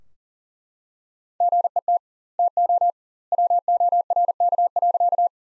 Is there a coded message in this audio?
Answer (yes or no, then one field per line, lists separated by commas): yes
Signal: Morse code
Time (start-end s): 1.4-5.3 s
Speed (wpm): 38 wpm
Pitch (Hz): 700 Hz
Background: none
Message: GET TO WORK.